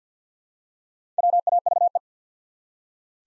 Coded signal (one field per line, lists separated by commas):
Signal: Morse code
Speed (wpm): 48 wpm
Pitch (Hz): 700 Hz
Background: none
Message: WAVE